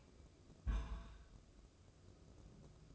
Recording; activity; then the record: daily activity, microphone in the room; place on stove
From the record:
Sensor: 2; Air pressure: 995.3 hPa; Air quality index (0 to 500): 77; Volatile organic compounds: 3 ppm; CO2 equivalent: 1367 ppm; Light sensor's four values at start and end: 22/72/28/27 and 22/72/28/27